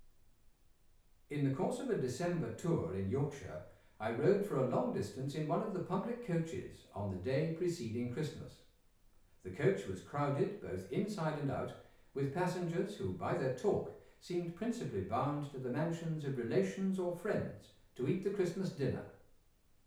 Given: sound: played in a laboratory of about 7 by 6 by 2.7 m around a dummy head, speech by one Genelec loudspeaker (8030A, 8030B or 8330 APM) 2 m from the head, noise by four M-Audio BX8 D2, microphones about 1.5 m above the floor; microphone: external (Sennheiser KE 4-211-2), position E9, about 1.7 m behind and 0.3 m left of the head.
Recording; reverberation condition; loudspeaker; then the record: male speech in English; medium; 90 degrees to the left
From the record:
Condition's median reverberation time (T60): about 510 ms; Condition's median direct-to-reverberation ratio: about -0.5 dB